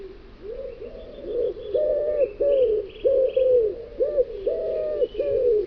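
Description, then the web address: Common wood pigeon cooing, a steady run of soft, hollow coos in quick succession. "cianscape. Deverinetal"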